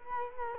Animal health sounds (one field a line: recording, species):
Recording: mosquito wingbeat signal from an infrared sensor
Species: Culex quinquefasciatus